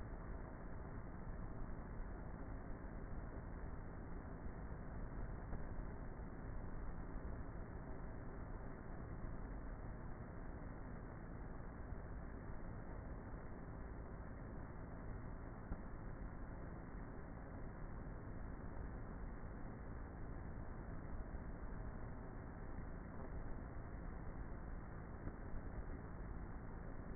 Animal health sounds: honeybee colony, microphone inside the hive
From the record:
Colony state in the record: queenless with a low population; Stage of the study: before two queens were removed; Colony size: about 30,000 bees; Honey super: no

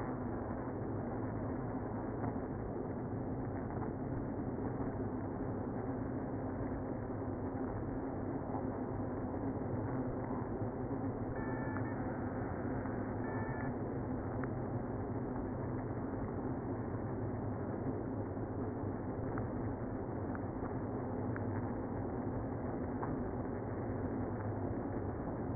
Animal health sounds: honeybee colony, microphone inside the hive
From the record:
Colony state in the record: queenless (queen removed); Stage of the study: after two queens were removed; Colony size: about 60,000 bees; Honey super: yes

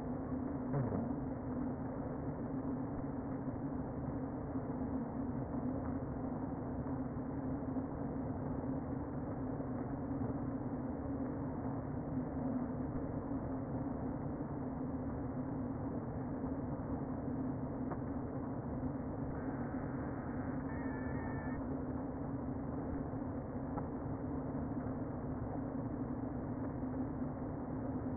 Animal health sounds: honeybee colony, microphone inside the hive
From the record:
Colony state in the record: queen present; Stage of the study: before two queens were removed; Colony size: about 60,000 bees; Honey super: yes

